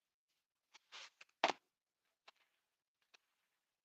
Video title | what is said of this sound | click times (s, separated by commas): we are back with more | You hear that click? | 1.4 s